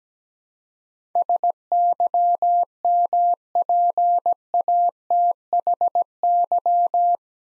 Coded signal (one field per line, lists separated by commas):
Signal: Morse code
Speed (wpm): 17 wpm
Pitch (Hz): 700 Hz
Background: none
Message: SYMPATHY